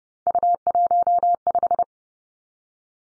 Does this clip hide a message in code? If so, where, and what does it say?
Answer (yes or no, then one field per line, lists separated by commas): yes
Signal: Morse code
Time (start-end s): 0.3-1.8 s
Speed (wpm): 32 wpm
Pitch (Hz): 700 Hz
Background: none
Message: U15